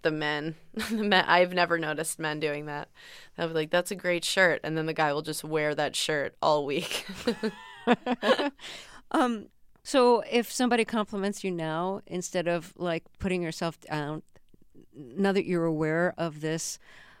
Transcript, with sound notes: The men, I've never noticed men doing that. I'll be like that's a great shirt, and then the guy will just wear that shirt all week.
(LAUGHTER)
So if somebody compliments you now, instead of like putting yourself down - now that you're aware of this